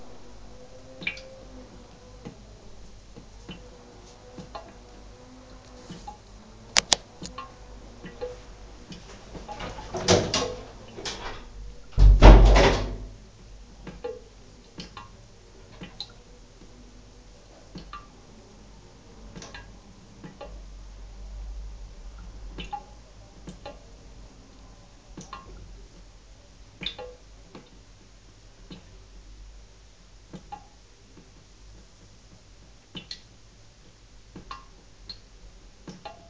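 A toilet cistern ticks and clicks sporadically in near-silence, with faint wavering tones through the first ten seconds. Two loud, rushing bursts of water hit around 10 and 12 seconds, then a brief low rumble near 21 seconds before the ticking resumes.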